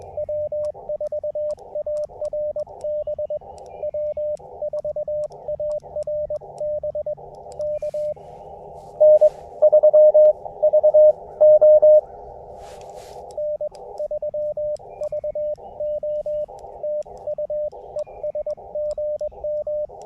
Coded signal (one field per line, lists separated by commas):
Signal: Morse code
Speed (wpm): 21 wpm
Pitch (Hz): 600 Hz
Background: radio noise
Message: W4ARB W4ARB K N3VO N3VO TU ES GM